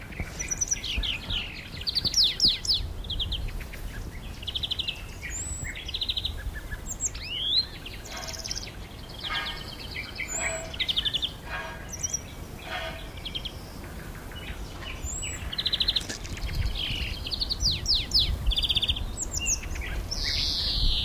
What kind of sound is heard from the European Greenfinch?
song